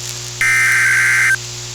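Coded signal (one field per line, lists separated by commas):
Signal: Emergency Alert System (SAME) tones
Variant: header bursts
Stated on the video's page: Alerts recorded via SDR and car radio, mostly from NOAA Weather Radio station WXJ41; recording glitched.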